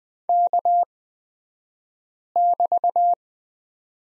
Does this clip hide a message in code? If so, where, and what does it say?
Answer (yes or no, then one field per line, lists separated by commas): yes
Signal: Morse code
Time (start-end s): 0.3-3.1 s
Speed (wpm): 20 wpm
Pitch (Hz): 700 Hz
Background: none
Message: K<BT>